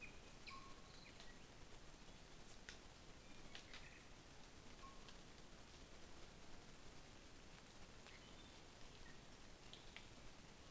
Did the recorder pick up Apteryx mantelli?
no